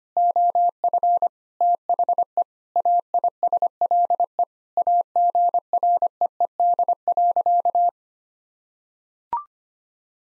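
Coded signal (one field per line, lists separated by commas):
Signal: Morse code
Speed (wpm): 25 wpm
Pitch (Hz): 700 Hz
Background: none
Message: OF THE AISLE AGREED.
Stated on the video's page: Morse practice sentences with common six-word phrases at 25 wpm for head-copy, each sent twice.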